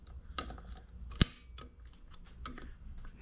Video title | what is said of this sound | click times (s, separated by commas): Vespa Rally 200 Engine Rebuild | Hear that snap? It's good to go. | 1.2 s